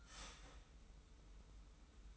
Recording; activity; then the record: daily activity, microphone in the room; start toaster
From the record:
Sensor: 1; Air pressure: 990.7 hPa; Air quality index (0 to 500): 144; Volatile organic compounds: 845 ppm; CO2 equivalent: 5166 ppm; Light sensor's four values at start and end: 24/56/24/26 and 24/56/24/26